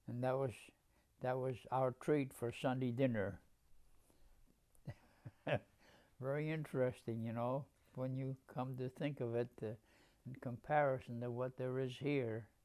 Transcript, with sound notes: and that was — that was our treat for Sunday dinner. [Laughs] Very interesting, you know, when you come to think of it in comparison to what there is here.